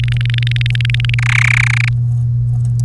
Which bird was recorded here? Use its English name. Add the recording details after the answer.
Domestic Canary. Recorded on 3 May 2018 at 06:26. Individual llb3